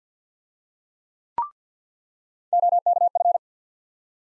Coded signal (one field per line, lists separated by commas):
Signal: Morse code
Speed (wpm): 50 wpm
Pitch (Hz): 700 Hz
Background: none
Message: OKF